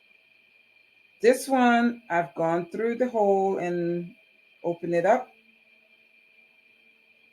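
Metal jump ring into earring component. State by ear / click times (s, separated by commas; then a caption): not seated / none. An opened metal jump ring is threaded through the hole of an earring component and positioned with flat nose and bent nose pliers while someone talks, over a faint steady high-pitched tone. The ring has not been twisted closed, and nothing has clicked yet.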